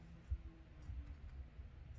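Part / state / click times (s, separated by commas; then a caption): folding arm into drone body hinge / not seated / none. The folding plastic arms of a Holy Stone HS175D GPS drone are being unfolded at the hinge into the drone body, producing low handling rumbles and a soft bump near 0.3 s. Nothing has seated or clicked yet; the arms are still being handled and are not yet locked.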